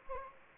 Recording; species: mosquito wingbeat signal from an infrared sensor; Anopheles gambiae